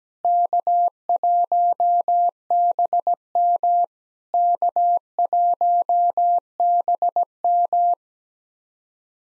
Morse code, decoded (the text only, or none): K1BM K1BM